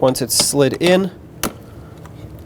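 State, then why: Seated. Someone talks as the inner door handle release cable end on a 2008-2020 Dodge Grand Caravan front door is hooked onto the handle and slid into its plastic holder. A sharp, short click at 1.4 s marks the cable seating in the holder, followed by faint small ticks.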